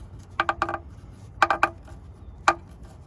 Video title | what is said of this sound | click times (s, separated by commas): Quick and Easy oil change on a Volkswagen Tiguan | And that's it. It just snaps back in. | 2.5 s